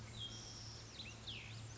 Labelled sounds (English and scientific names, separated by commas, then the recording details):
Cassin's Vireo (Vireo cassinii)
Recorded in Sonoma County, California